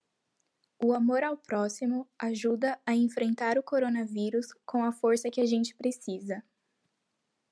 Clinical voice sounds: spoken sentence; Brazilian Portuguese; female; 18 to 19 years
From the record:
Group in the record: control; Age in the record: 19 years

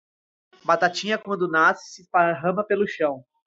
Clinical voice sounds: short text; Brazilian Portuguese; male; 20 to 29 years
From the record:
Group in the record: control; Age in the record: 25 years

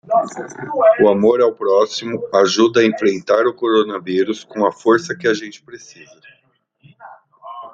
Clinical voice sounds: spoken sentence; Brazilian Portuguese; male; 40 to 49 years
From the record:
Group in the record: control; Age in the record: 41 years

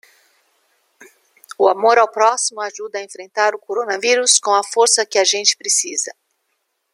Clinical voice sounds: spoken sentence; Brazilian Portuguese; female; 50 to 59 years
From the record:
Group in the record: control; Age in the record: 55 years

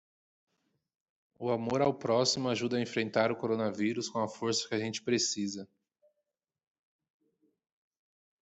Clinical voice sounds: spoken sentence; Brazilian Portuguese; male; 20 to 29 years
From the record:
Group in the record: control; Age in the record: 24 years

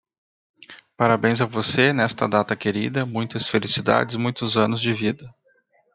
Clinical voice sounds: short text; Brazilian Portuguese; male; 30 to 39 years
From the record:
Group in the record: control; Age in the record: 38 years

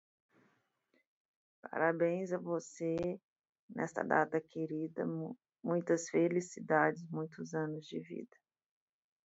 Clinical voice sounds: short text; Brazilian Portuguese; female; 40 to 49 years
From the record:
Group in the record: control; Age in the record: 40 years

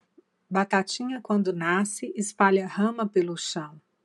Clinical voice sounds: short text; Brazilian Portuguese; female; 50 to 59 years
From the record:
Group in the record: control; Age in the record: 56 years

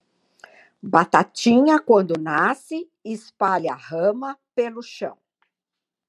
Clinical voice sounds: short text; Brazilian Portuguese; female; 70 to 79 years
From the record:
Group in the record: control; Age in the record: 70 years

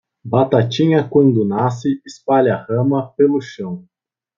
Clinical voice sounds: short text; Brazilian Portuguese; male; 20 to 29 years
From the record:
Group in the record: control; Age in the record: 25 years

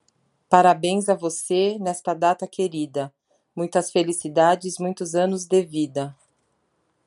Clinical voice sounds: short text; Brazilian Portuguese; female; 40 to 49 years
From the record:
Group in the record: control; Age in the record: 44 years

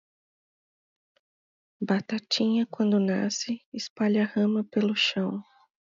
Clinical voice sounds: short text; Brazilian Portuguese; female; 30 to 39 years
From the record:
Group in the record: control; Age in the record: 37 years

